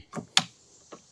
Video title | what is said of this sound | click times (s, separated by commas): Nilight LED Fat Whips - Super Bright - Full Feature - Budget Price Can Am Defender | Snaps into place. | 0.4 s